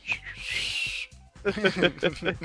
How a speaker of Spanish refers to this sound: Un chiflido por ahí, por favor.